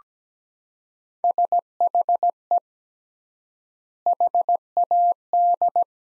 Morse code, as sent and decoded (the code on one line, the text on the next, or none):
... .... . / .... .- -..
SHE HAD